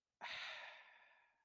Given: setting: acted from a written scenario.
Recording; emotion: vocal sound without words; serenity